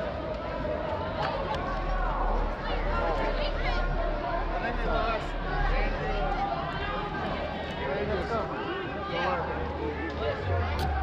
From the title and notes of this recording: Summer 2022 Hartford Connecticut Reggae Concert.